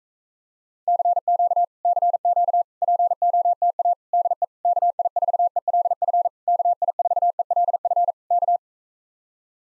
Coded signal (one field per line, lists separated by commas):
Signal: Morse code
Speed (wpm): 44 wpm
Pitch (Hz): 700 Hz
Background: none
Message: CQ CQ POTA DE KI4ELF KI4ELF K